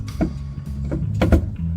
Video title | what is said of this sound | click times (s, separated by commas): SCSR 200k Subscriber Party Video Jukebox | Yeah, this guy is stripped. | 1.2 s